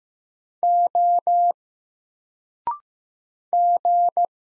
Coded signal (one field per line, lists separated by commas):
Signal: Morse code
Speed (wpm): 15 wpm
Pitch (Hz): 700 Hz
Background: none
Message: O G